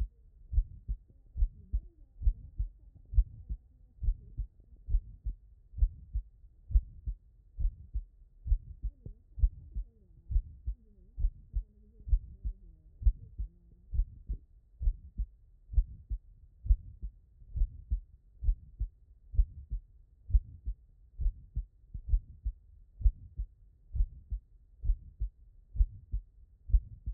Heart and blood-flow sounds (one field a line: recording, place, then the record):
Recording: heart sounds by stethoscope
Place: tricuspid valve (TV)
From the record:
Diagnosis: non-HFrEF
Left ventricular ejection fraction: 68%